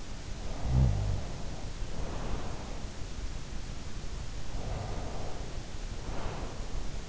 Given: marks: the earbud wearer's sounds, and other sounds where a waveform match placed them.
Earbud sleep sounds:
sounds in sleep by an in-ear microphone; snoring breath, breath
0.50-2.82 s: snoring breath
4.45-7.09 s: breath

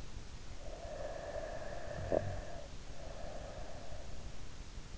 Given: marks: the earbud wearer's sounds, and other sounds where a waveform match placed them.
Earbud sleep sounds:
sounds in sleep by an in-ear microphone; snoring breath
0.58-3.98 s: snoring breath

